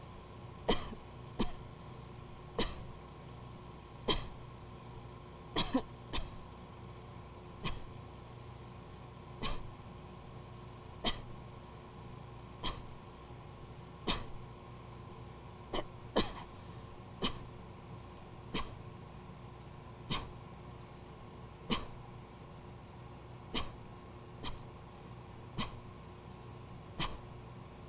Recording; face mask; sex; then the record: voluntary coughing; surgical mask; female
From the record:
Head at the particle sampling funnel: tilted down, bridge of the nose in front of it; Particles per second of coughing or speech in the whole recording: 0.592